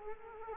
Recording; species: mosquito wingbeat signal from an infrared sensor; Culex quinquefasciatus